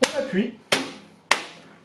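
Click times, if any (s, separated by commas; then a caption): 1.3 s. A plastic front panel with its dust filter is pushed back onto an Antec DP505 PC case. Someone talks, and then two sharp snaps are heard. The louder, shorter snap at 1.3 s is the panel clipping into place on the chassis, and it is confirmed seated.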